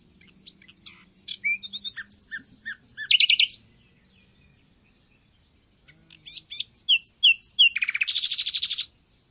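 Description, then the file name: Common nightingale song: rapid chirps and whistles building to a loud buzzy rattle, repeated in two phrases with a quiet gap. "Luscinia megarhynchos"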